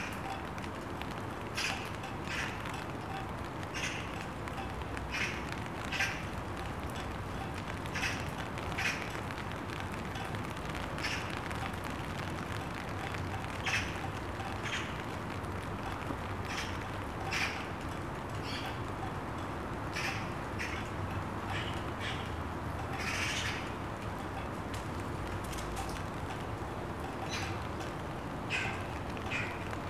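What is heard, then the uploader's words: A steady drizzle hisses throughout, with a constant low rumble underneath. An agitated magpie breaks in with short, harsh chattering bursts at irregular intervals, a busier cluster around twenty-three seconds. Rain, agitated magpie. The pervasive drizzle.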